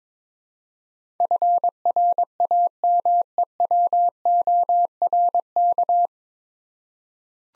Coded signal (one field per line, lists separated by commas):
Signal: Morse code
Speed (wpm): 22 wpm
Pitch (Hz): 700 Hz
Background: none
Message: FRAMEWORK